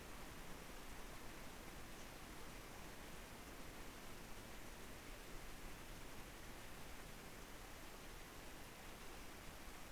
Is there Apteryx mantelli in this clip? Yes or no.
no